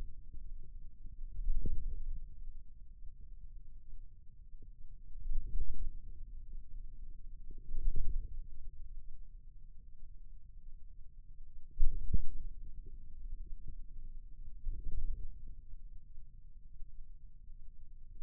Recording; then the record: forearm muscle sounds (acoustic myography)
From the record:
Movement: wrist flexion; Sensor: system 2, bracelet of six BSWA MPA416 microphones around the upper forearm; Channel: 1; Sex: male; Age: 22 years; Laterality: right